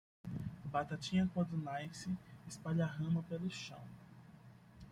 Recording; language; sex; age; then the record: short text; Brazilian Portuguese; male; 20 to 29 years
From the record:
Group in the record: control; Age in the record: 25 years